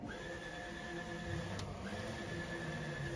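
On a Roland large format printer, the print head carriage is moved across toward the capping station, over caps flooded with cleaning solution, before being clipped into place. A steady tonal hum runs throughout, with a brief broadband burst at about 1.6 s. Nothing has seated or clicked yet.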